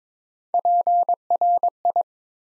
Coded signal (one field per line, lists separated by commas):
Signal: Morse code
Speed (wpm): 23 wpm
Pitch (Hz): 700 Hz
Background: none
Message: PRI